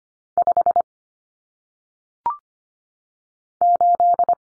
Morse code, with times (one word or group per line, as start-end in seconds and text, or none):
0.4-0.8 5
3.6-4.3 8